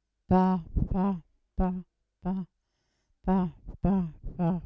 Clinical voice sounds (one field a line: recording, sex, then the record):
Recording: repeated syllable /pa/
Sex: female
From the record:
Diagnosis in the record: Parkinson's disease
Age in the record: 80 years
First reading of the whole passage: 169 s, 3.1 characters per second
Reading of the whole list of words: 101 s, 2.8 characters per second